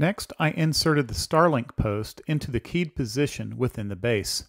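Someone talks while a Starlink satellite dish mast post is handled and inserted into the keyed socket of its mounting base, where a spring button latch will snap it in place. No distinct click is heard, and nothing has seated or clicked yet by the end of the clip.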